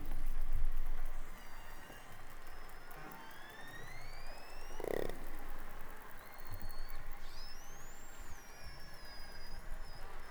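Orca calls underwater: several rising and looping whistles overlap with rapid clicking, over a steady low rumble and hiss.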